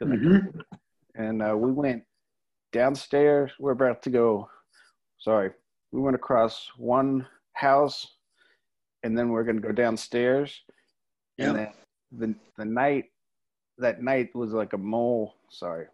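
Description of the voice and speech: Halting adult man's speech with long pauses, restarts, apologies and a wrong word ("mole" for "moon"): aphasia after a traumatic brain injury from a gunshot wound to the head, in a man who has improved after about nine years of attending a stroke recovery center.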